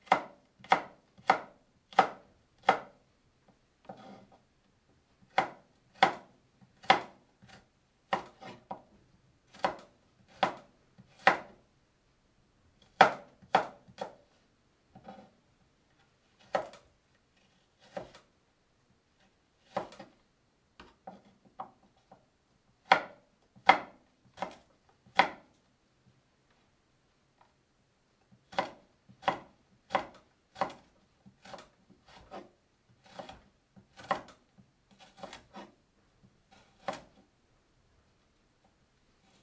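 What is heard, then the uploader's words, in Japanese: Chopping while making tomato sauce pasta: sharp knife strikes on a board come in quick runs of about two or three per second, separated by short pauses. Around the twenty-six-second mark the cutting stops briefly, then resumes in steady bursts until the end. 環境音 トマトソースパスタの一部始終。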